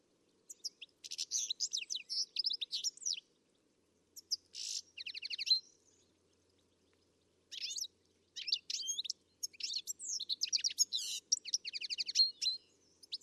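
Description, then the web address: Bird producing bursts of rapid, high chirps and trilled notes, with a long quiet gap before a final dense chattering passage. "Deverinetal. Bird Only"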